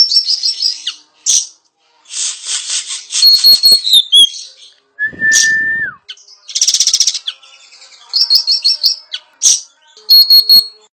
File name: suara burung bayeman